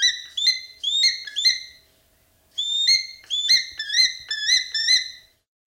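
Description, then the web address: Black-and-white Hawk-Eagle calling: a series of loud, clear, ringing whistles given in two bursts separated by a short pause. Recorded in Ecuador. "Natures Songs S America Birds of Ecuador. Black and white Hawk-Eagle"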